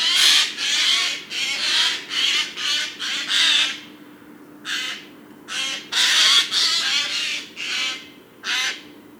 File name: Garrulus glandarius